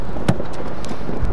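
A charging cable's connector is pushed into an electric car's charging port, giving one sharp click at 0.3 s as it seats, followed by a fainter tick at 0.9 s over steady background noise. The connector is plugged in and the charge then starts.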